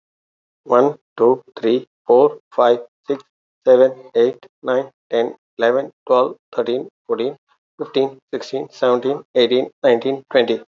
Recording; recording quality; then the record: counting at a fast pace; excellent, no background noise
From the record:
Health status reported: healthy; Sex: male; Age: 52 years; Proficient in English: yes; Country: India